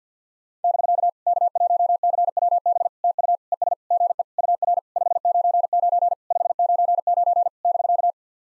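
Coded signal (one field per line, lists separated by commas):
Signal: Morse code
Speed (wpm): 52 wpm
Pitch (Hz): 700 Hz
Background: none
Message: <BK> K1CWB TU ES GE UR 599 599 <BK>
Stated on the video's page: Morse practice of POTA (Parks on the Air) QSO exchanges at 50 wpm; each exchange sent, spoken, then sent again.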